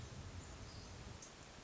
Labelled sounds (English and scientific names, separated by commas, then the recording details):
Hermit Thrush (Catharus guttatus)
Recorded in Sonoma County, California